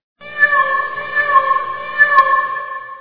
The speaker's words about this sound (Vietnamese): Hôm ấy tôi cùng các con ra bãi đất ngoài vùng Arizona vắng vẻ để đốt rác hàng tuần. Khi tới gần một cái hố còn đang âm ỉ, chúng tôi nghe thấy tiếng kêu thương tâm của một chú mèo đang bị chôn vùi giữa đống lửa.